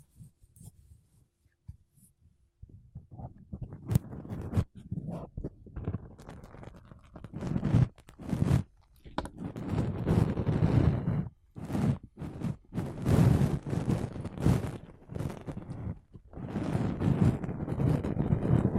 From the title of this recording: Mic Brushing Using Makeup Brushes and Sponge